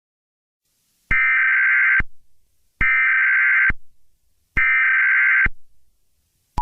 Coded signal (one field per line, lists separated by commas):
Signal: Emergency Alert System (SAME) tones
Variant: header bursts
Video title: EAS Mock scenario: The Hunted